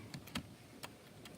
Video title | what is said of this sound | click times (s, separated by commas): Chromebook Key Repairs | go ahead and push your key down until it clicks okay | 0.4 s